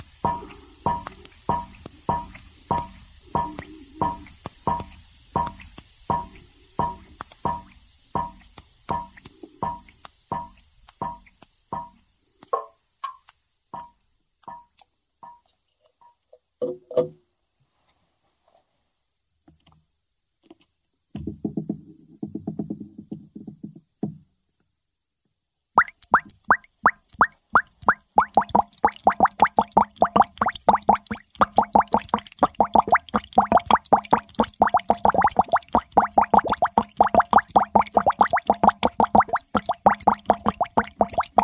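Gas bubbles rising out of the water and popping at the surface in a chemistry experiment, collected by water displacement. Rhythmic plops come evenly at first, slow and thin out into near silence with a brief gurgle, then return faster and denser until the end.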